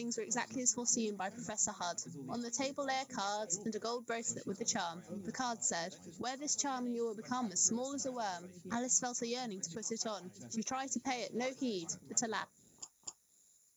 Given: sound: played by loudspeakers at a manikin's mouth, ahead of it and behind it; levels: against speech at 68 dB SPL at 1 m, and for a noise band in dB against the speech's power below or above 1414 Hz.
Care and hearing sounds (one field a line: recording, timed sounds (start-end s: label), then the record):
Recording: test signals for a remote microphone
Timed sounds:
0.00-12.44 s: woman speaking, babble ahead at +6 dB SNR for speech at 1 m
12.81 s: click
13.06 s: click
From the record:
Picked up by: remote microphone A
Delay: 47 ms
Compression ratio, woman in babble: 7.77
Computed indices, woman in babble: HASPI 0.969, HASQI 0.340 (non-linear 0.394, linear 0.863), ESTOI 0.759